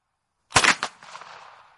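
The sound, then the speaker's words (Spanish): A single gunshot from a Beretta pistol firing a 9x19 mm bullet bursts out of silence with a sharp, loud crack and a quick secondary snap, then a hissing, rumbling tail fades away over about a second. “El ruido de ese único disparo inició el pandemonium.”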